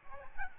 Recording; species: mosquito wingbeat signal from an infrared sensor; Aedes albopictus